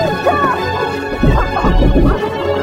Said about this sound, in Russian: Миша бьет кулаком по стеклу.